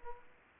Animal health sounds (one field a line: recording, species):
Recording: mosquito wingbeat signal from an infrared sensor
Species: Culex pipiens